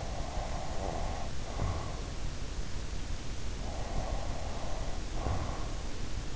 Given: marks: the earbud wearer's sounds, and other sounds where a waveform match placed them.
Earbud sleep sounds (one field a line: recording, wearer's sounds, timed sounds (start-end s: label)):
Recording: sounds in sleep by an in-ear microphone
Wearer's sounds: breath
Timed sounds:
0.02-2.17 s: breath
3.84-5.82 s: breath